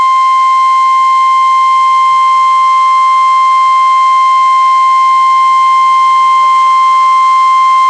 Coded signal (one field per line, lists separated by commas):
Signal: Emergency Alert System (SAME) tones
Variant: 1050 Hz attention tone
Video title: Tornado Warning (EAS #382)